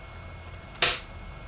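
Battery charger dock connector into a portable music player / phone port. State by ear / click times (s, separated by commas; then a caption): seated / 0.8 s. A Kensington mini battery charger's dock connector is plugged into the port of an iPod/iPhone, giving a single short, bright click at 0.8 s over a low steady background hum. The connector pops in and is seated.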